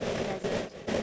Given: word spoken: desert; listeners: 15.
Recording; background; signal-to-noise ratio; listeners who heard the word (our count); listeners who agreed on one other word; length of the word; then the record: one English word in noise, from a listening test; noise modulated by three-talker babble; -6.3 dB; 1 of 15; 9 of 15; 0.63 s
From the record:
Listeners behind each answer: 9, 2, 2, 1, 1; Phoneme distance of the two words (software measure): 27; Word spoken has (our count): 2 syllables, 5 phonemes, stress on syllable 1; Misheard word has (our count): 2 syllables, 6 phonemes, stress on syllable 1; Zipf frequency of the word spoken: 4.30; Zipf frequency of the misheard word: 4.19